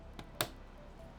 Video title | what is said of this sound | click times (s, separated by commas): ROG STRIX B850-E Gaming WIFI: How to Setup your Motherboard for the best AM5 All Black Build | And that closes that latch. | 0.4 s